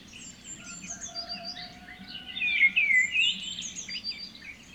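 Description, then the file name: Birds singing together: varied high twittering and warbled phrases overlap, with a loud squeaky trill near the middle and a thin, steady whistle below. Singing in the morning. "birds singing in the morning nature sound"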